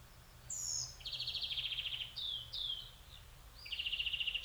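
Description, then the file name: European greenfinch delivering fast rattling trills interspersed with clear downslurred whistled notes, the phrases following one another with little pause. "Chloris chloris"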